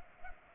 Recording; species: mosquito wingbeat signal from an infrared sensor; Culex pipiens